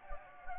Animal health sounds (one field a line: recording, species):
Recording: mosquito wingbeat signal from an infrared sensor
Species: Anopheles gambiae